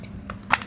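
A plastic power button is pressed into the plastic housing of a portable mini fan (mini fan AC cooler). A few light plastic ticks at about 0.3, 0.4, 0.6 and 0.7 s surround one sharp, louder snap at 0.5 s, when the button seats and clicks into place.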